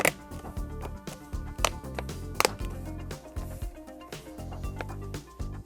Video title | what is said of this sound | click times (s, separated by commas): ThinkPad T460 Notebook - Internal Storage Drive Replacement | press down around the edges until the clips lock into place. | 0.1 s, 1.7 s, 2.4 s, 2.5 s